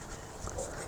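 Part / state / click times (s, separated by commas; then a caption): spark plug ignition wire boot onto ignition coil / not seated / none. A spark plug ignition wire boot is handled while being fitted back onto the ignition coil terminal of a 2000-2006 GMC Yukon, where it is meant to snap in. Only soft, steady handling noise is heard, rising slightly around 0.5 to 0.6 seconds. Nothing has seated or clicked yet.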